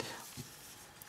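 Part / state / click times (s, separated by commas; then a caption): battery cover onto smartphone back / seated / 0.0 s, 1.0 s. The plastic back battery cover of a No.1 Plus smartphone is pressed back onto the phone's body, giving two short clicks at 0.0 and 1.0 seconds. The cover clips firmly back into place and no longer has any play.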